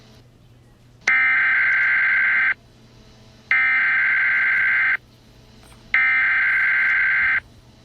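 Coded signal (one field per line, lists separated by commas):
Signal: Emergency Alert System (SAME) tones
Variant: header bursts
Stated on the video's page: Fictional EAS scenario based on a SpongeBob game, made for entertainment.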